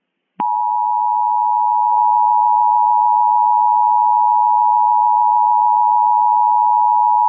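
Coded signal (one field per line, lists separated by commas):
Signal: Emergency Alert System (SAME) tones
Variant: 853 and 960 Hz attention tone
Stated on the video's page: Simulated EAS mock using valid SAME tones.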